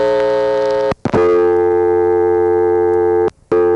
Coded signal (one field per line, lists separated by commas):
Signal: telephone call progress tone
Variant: North America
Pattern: dial tone